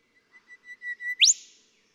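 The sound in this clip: Golden whistler song, a series of steady whistled notes growing louder and longer, capped by a sharp rising whipcrack.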